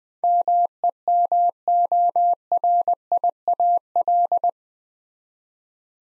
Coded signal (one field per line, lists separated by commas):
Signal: Morse code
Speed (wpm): 20 wpm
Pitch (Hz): 700 Hz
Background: none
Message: MEMORIAL